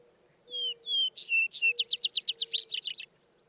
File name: Vesper Sparrow